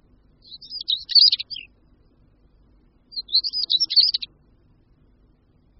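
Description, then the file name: European stonechat singing two short, scratchy warbling phrases of high chattering notes, separated by a pause. "Bramborníček-černohlavý"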